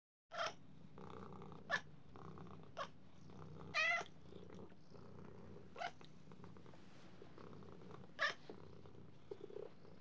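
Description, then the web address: Cat purring softly and continuously, broken by several brief, sharp bursts of sound. "кошки"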